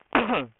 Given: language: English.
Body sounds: throat vibration sensor signal played as sound; cough

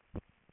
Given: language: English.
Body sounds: throat vibration sensor signal played as sound; swallow

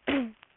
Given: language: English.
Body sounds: throat vibration sensor signal played as sound; cough

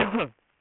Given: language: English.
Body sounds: throat vibration sensor signal played as sound; cough

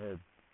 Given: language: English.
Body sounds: throat vibration sensor signal played as sound; speech

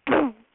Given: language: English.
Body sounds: throat vibration sensor signal played as sound; throat clearing

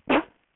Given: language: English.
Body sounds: throat vibration sensor signal played as sound; cough

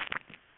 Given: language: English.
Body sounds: throat vibration sensor signal played as sound; swallow

